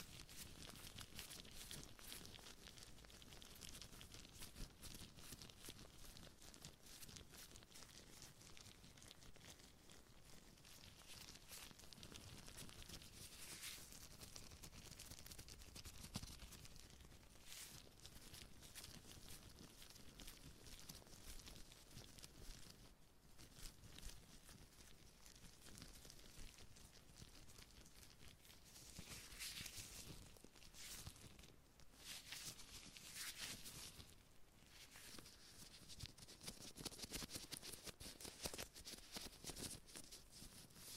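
Gloved hands rub, flex and crinkle in a dense, continuous rustle, with brighter scratchy bursts around 14, 29 and 33 seconds.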